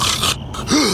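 Imitated noisy snore, a brief pause, then a groaning gasp: the snoring-and-gasping pattern of sleep apnea in an adult.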